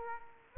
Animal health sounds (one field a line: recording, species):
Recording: mosquito wingbeat signal from an infrared sensor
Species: Aedes aegypti